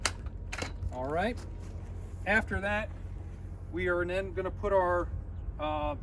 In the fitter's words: same thing picking up the leg a little bit and then pushing up until you hear a click